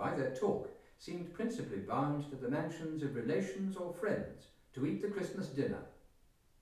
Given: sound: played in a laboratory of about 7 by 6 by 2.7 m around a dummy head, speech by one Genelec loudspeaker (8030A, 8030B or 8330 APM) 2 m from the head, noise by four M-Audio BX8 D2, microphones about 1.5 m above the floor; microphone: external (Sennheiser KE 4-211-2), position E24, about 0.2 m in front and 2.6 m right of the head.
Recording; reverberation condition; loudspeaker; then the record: male speech in English; medium; 60 degrees to the left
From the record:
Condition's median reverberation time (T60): about 510 ms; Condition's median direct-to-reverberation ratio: about -0.5 dB